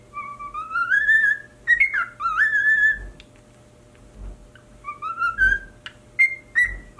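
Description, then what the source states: Cockatiel singing long sliding whistles that rise and waver, broken by a pause, then a few more rising whistled phrases and brief chirps. Pied cockatiel.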